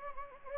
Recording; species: mosquito wingbeat signal from an infrared sensor; Anopheles gambiae